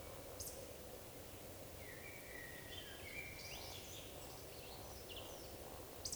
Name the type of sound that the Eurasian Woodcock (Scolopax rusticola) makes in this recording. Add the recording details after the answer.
whistle, croak. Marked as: croak, whistle, whistle, whistle. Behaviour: display flight. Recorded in Baden-Württemberg, Germany, on 11 June 2020 at 19:38 UTC. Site 41501, 195 m above sea level